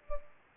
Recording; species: mosquito wingbeat signal from an infrared sensor; Culex pipiens